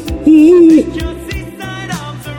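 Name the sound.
owl hooting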